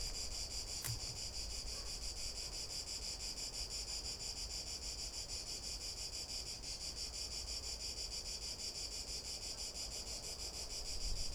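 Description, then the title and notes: Cicada song, a continuous shrill pulsing buzz, with a sharp click near the start and a steady low rumble. Cicada recorded from boardwalks around the lake at the Albufera de Valencia, Spain, on an afternoon walk; sea nearby; Zoom H1n recorder. "Unnamed Road, 46012, 46012 Valencia, España - Paseo por la Albufera. Una tarde de paseo por la Albufera de Valencia. Paseamos alrededor del lago, en este caso por unas pasarelas en donde nos paramos para grabar a una Chicharra [Cicadidae]"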